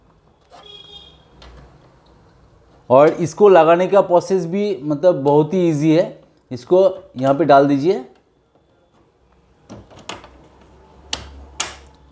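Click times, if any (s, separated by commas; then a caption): 11.1 s, 11.6 s. After a paper jam is cleared, a removable plastic part is pushed back into its slot inside an Epson L3210 inkjet printer body while someone talks. Quiet handling noises follow the talk, then two sharp snaps at 11.1 s and 11.6 s as the part locks into place from the inside.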